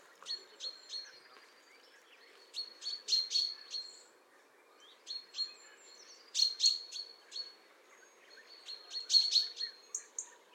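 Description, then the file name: Common chaffinch: bursts of short, high chipping notes returning about every three seconds over a soft background hiss. "Fringilla coelebs"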